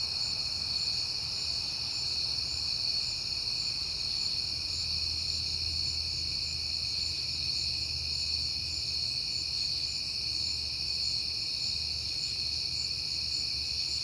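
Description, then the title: Crickets trill steadily in a thick high-pitched chorus while a low rumble, like a passing car, swells midway and fades. Crickets at night in September, on a peaceful night, with cars passing. "Night Time: Crickets and Passing Cars"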